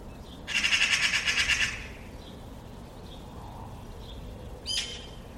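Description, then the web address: Bird calling with a fast, dry rattle of harsh pulses for about a second, then a single short, sharp note a few seconds later. "cianscape birddata Deverinetal"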